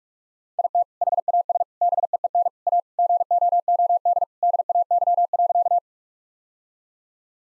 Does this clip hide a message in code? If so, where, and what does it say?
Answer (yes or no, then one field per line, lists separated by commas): yes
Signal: Morse code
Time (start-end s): 0.6-5.8 s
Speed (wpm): 44 wpm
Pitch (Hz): 700 Hz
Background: none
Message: IT HAS BEEN A GOOD DAY.